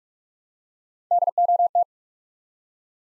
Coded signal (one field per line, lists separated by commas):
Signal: Morse code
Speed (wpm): 44 wpm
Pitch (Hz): 700 Hz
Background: none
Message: DOT